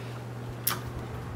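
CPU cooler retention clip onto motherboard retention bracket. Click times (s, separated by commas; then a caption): 0.7 s. A CPU cooler's retention clip is pushed over the lug of the plastic retention bracket on the motherboard. Against a steady low hum, a single sharp click sounds at 0.7 s. The clip locks onto the bracket and is seated.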